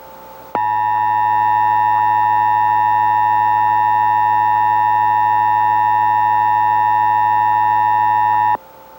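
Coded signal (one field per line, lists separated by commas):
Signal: Emergency Alert System (SAME) tones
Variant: 853 and 960 Hz attention tone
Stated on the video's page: This is a recreational mock based on a real Child Abduction Emergency, with the audio passed through a heavy low-pass filter.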